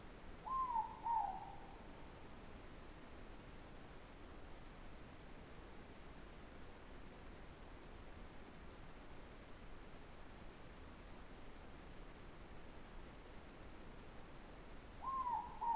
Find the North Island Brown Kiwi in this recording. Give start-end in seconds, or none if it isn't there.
none